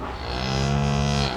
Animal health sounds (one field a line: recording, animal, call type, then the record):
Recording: contact call of a hoofed animal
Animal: cattle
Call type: low-frequency (closed-mouth) or high-frequency (open-mouth) call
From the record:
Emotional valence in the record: negative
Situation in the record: full separation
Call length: 1.37 s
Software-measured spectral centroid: 2500 Hz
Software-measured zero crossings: 2350 a second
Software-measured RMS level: -24 dBFS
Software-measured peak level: -11 dBFS